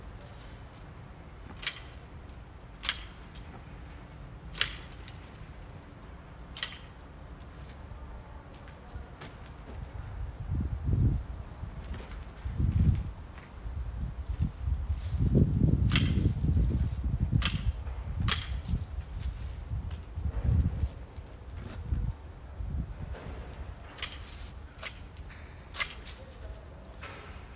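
Someone prunes a tree in a backyard, with sharp, crisp snips of the shears landing every second or two in the quiet opening seconds. From about ten seconds on, heavy rustling of branches and leaves swells in irregular bursts, loudest around fifteen to eighteen seconds, while occasional snips continue.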